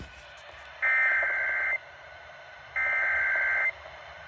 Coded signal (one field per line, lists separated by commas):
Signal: Emergency Alert System (SAME) tones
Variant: header bursts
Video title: First Severe Weather Event of 2024! EAS Alerts from 4/16/2024